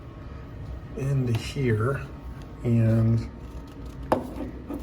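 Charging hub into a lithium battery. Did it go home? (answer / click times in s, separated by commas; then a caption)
yes / 4.1 s. Someone talks while fitting a new charging hub accessory onto a LiFePO4 lithium battery. A single sharp click at 4.1 s marks the hub seating into place on the battery.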